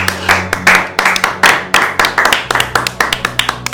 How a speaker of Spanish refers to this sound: Fuerte el aplauso.